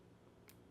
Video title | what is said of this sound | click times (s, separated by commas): How to Get Rid of Stabilizer Rattle (Step by Step Tutorial) | pull up at a 90 degree angle you'll hear a slight snap | 0.5 s